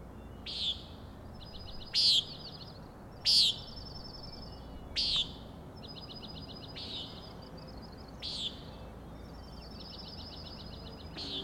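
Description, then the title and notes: Common nighthawk giving a run of buzzy peents, some loud and others softer, interspersed with repeated pulsed, stuttering rattles. Three birds flying in a close follow-the-leader formation near the recordist, peenting and a rattling noise; Schoodic Head overlook, Acadia National Park, Winter Harbor, Maine; 061617, 4am. "Common Nighthawks, Schoodic Head 061617 4am. 3 common nighthawks making peenting calls and wings booms but also a rattling noise at the Overlook (410 ft) on Schoodic Head (435 feet) Schoodic division Acadia National Park Winter Harbor, ME"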